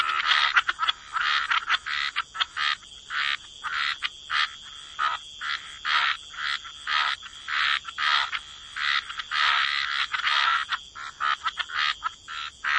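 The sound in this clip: Dense frog chorus of rapid raspy croaks, many callers overlapping almost continuously, with a faint constant high tone behind.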